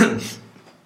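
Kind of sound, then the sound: human body sound, sneeze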